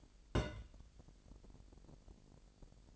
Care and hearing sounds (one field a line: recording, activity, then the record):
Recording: daily activity, microphone in the room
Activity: place on stove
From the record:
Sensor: 5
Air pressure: 1002.1 hPa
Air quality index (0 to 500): 249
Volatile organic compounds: 9 ppm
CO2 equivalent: 2163 ppm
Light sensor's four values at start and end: 21/45/20/22 and 21/45/20/22